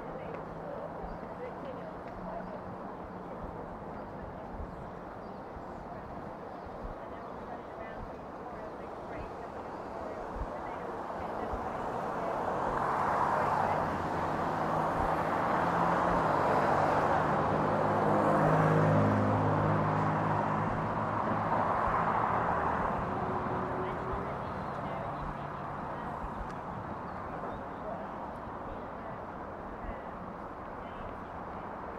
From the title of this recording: Counterclockwise around the White House